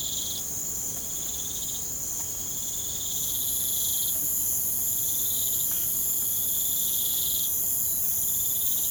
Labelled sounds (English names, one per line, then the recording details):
none
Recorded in pastures near Puerto Asís, Putumayo, Colombia, on 25 June 2025 at 02:00
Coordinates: 0.472, -76.331
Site G095